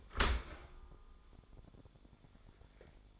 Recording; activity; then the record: daily activity, microphone in the room; open dishwasher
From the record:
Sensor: 5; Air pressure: 1015.0 hPa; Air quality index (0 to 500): 168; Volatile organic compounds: 5 ppm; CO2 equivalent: 1819 ppm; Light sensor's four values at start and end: 38/90/37/40 and 37/88/36/39